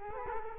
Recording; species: mosquito wingbeat signal from an infrared sensor; Culex quinquefasciatus